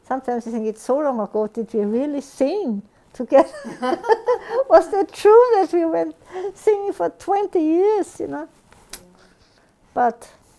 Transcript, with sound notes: Sometimes you think it's so long ago, did you really sing together? ( they laugh ) Was that true that we went singing for twenty years, you know? But...